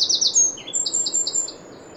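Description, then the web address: Eurasian wren singing: rapid bursts of high, dry trilled notes, dropping briefly then running on in quick repeated phrases, with faint low background hiss. "SETE Troglodytes troglodytes"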